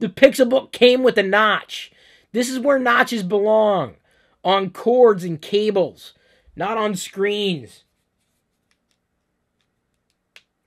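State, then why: Seated. Someone talks for most of the first eight seconds while a USB-C power cable is fitted to the power adapter of a Pixelbook Chromebook laptop during an unboxing. After a stretch of near silence with a few faint ticks, a single short, sharp snap comes at 10.4 s as the cable seats in the adapter.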